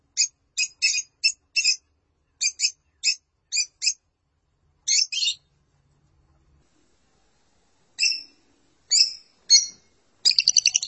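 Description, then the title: Lovebird calls: sharp, squeaky high chirps given singly and in pairs with irregular gaps, ending in a quick run of chattering notes. "Suara Burung Lovebird"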